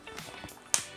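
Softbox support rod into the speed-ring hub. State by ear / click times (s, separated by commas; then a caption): seated / 0.7 s. A metal support rod of an umbrella-style softbox is pulled out and pushed into its socket in the speed-ring hub. Soft handling and rubbing sounds lead up to a sharp, loud click at 0.7 s as the rod clicks into place and seats.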